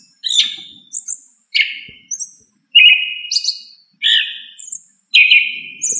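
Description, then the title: Thrush song in short phrases, each a loud slurred whistle with thin high notes above, separated by brief pauses; faint low noise at times. "Familia Turdidae - Sabia"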